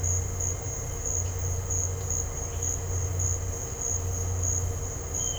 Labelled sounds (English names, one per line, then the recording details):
none
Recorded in dense forest near Puerto Asís, Putumayo, Colombia, on 9 March 2025 at 15:00
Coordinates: 0.468, -76.322
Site GP01